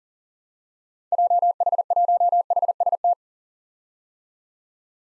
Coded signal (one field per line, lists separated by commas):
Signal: Morse code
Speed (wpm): 40 wpm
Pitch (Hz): 700 Hz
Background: none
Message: JH1HST